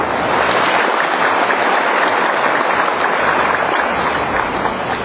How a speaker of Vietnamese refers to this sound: Và chúng ta xin cầu chúc nhau cũng như cầu chúc Thánh An Tông bằng một tràng pháo tay.